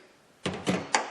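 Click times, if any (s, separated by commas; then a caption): 0.5 s, 1.0 s. A removed snap-fit cover or clip on a power steering system is pushed back on by hand. After near silence, two short broadband thunks sound at 0.5 s and 1.0 s, the second sharper and louder. The clip snaps back into place and is seated.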